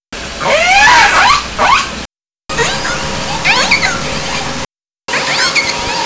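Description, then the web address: Orca calls: many squealing whistles and pulsed tones over a noisy background, broken by two short silent gaps. "Learning Orca Calls"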